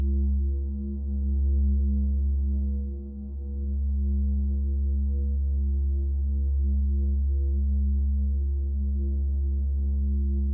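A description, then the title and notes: A very simple, steady low tone in C#, tuned to 432hz, hums evenly with soft overtones, dipping slightly around three seconds. This is a very simple tone, C# in 432hz.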